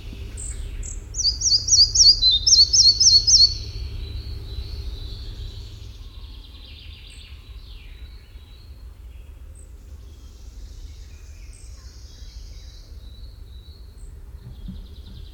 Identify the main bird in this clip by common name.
Red-breasted Flycatcher